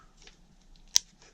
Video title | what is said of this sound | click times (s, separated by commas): Vlog 26, Narrowboat Fit Out - PLUMBING IN THE WATER TANK | clip and that's it ready to be plumbed in | 1.0 s